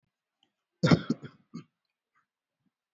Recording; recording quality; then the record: shallow voluntary cough; excellent, no background noise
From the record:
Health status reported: COVID-19 positive, moderate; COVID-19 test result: positive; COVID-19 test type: RT-PCR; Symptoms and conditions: cold, sore throat, loss of smell and taste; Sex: male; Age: 45 years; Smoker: yes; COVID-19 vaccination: one dose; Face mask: worn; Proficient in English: yes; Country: India